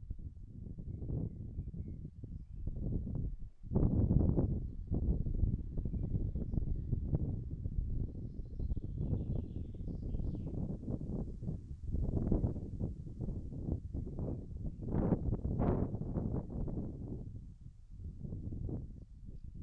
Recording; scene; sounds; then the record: everyday scene through a hearing-aid microphone; wind on the microphone; wind, birds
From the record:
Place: in front of a rural house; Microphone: behind the ear, right, front